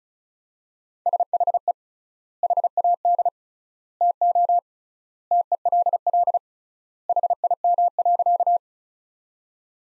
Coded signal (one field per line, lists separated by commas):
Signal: Morse code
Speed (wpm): 36 wpm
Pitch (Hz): 700 Hz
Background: none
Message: SHE HAD TO TELL HIM.